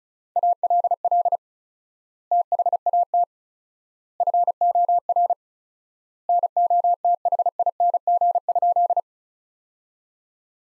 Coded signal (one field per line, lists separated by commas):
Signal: Morse code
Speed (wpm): 34 wpm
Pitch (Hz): 700 Hz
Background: none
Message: ALL THAT FOR NOTHING?